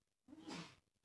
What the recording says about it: Did everyone hear the sneeze? Did you hear him sneezing then?